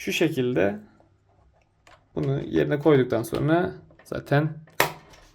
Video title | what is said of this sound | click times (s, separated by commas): KADIKÖY BİT PAZARI HERKESE HİTAP EDEN ÜRÜNLER | çıt diye yerine oturuyor bunda herhangi bir sıkıntısı kalmadı | 4.8 s